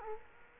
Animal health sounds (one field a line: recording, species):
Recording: mosquito wingbeat signal from an infrared sensor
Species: Culex quinquefasciatus